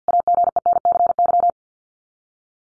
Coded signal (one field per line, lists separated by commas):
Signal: Morse code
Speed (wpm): 49 wpm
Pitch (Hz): 700 Hz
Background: none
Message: AGENCY